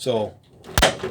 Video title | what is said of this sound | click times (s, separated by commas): Rockwood mini lite 2511S (3343) | hear it click and you know it's latched properly | 0.8 s